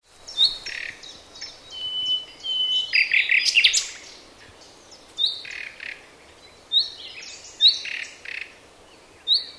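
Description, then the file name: Common nightingale song: varied bursts of whistles, sharp notes and buzzy trills, each phrase separated by short pauses, with a steady background hiss. "Luscinia megarhynchos"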